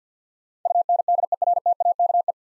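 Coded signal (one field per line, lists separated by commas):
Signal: Morse code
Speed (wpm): 47 wpm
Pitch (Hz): 700 Hz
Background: none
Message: UNDERTAKE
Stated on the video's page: Morse practice of nine-letter words at 50 wpm, each sent, spoken, then sent again.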